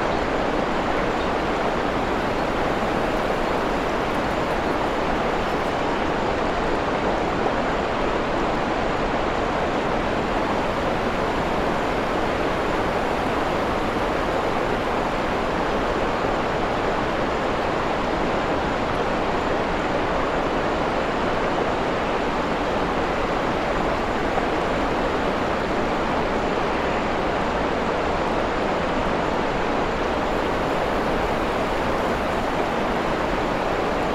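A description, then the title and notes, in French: A waterfall pours without pause, a dense, steady rush of water spread evenly from deep to fairly bright, with no breaks or surges across the whole stretch. Fine grainy flicker runs through the sound, but no separate leaves or other events stand out. Cascade dans une Clairière Forestière. Une clairière isolée en Mid Wales, où la cascade mélodieuse crée une ambiance apaisante.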